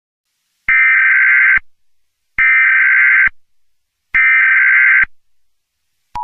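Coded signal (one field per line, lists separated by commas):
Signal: Emergency Alert System (SAME) tones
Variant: header bursts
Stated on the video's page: Fictional EAS scenario about asteroids hitting Earth.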